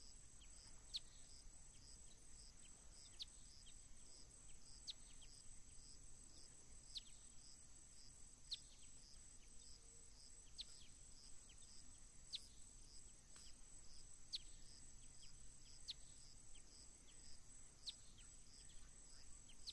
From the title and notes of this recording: Floresta Tropical- Mata Atlântica/Tropical Forest-Atlantic Forest. As florestas ombrófilas densas submontanas se estendem pelas encostas das serras entre as altitudes de 50 a 500 metros.